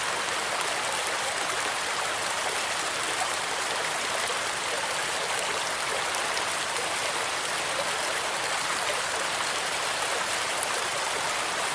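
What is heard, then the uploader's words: Rain and a forest stream blend into a steady, dense hiss that holds without pause for the whole stretch. The sound is bright, with soft splashy detail on top and very little low rumble underneath. Relaxing Rain Noise + Forest Stream.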